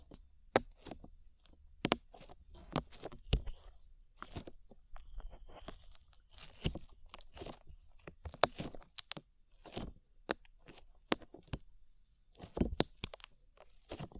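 Sticky slime is squished and pulled in a dense run of sharp crackling pops and clicks, irregular throughout, with a soft low rumble underneath.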